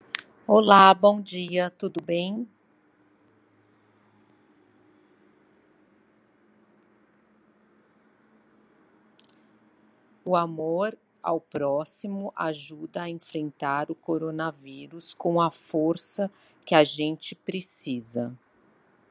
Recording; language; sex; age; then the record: spoken sentence; Brazilian Portuguese; female; 50 to 59 years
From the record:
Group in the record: control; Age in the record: 56 years